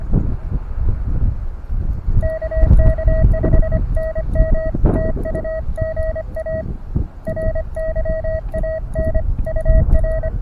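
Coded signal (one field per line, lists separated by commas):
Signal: Morse code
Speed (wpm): 25 wpm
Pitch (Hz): 1900 Hz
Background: none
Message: KK5NM TU GA RYAN UR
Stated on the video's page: 5 W QRP CW test signal for Reverse Beacon Network, comparing 1/4-wave vertical with elevated radials against 29' end-fed random wire via 9:1 unun and tuner, four bands.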